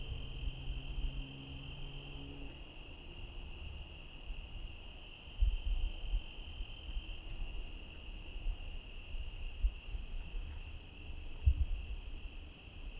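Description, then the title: Cricket trill holds a steady, unbroken high drone, with regular faint high ticks and a low rumble underneath. Night ambience in rain, Trinity County, California, USA, dated 17/10/25 around 05:06 (time approximate); recorded on a Zoom H1 with internal XY mics. "Trinity County, Californie, États-Unis d'Amérique - 17_10_25_05_06 grillons nuit voitures PLUIE"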